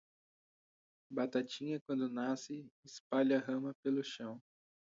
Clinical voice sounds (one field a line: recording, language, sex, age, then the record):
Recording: short text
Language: Brazilian Portuguese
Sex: female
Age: 20 to 29 years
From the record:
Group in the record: control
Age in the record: 20 years